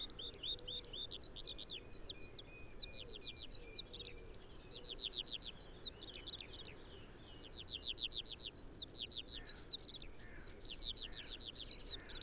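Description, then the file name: Eurasian blue tit giving bursts of high, thin hooked notes, with a lower, rapid, slurred trill running between them. "Cyanistes caeruleus"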